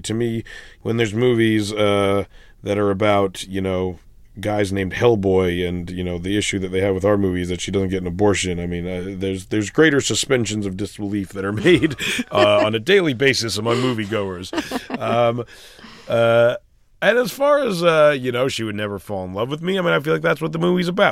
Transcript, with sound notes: To me, when there's movies that are about, you know, guys named Hell Boy, and you know, the issue that they have with our movie that she doesn't get an abortion, I mean, I think there's greater suspensions of disbelief... (Soundbite of laughter) That are made on a daily basis among movie goers. And as far as, you know, she would never fall in love with me, I mean, I feel like that's what the movie's about.